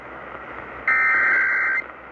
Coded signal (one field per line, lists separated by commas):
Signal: Emergency Alert System (SAME) tones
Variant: header bursts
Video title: Much Better…Sorta. EAS Alerts From June 13-15, 2023